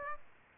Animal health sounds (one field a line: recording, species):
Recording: mosquito wingbeat signal from an infrared sensor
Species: Aedes aegypti